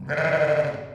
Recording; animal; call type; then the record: contact call of a hoofed animal; sheep; low-frequency (closed-mouth) or high-frequency (open-mouth) call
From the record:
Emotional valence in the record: negative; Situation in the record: short social isolation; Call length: 0.94 s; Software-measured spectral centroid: 1490 Hz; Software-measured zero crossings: 1470 a second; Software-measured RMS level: -23 dBFS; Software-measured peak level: -10 dBFS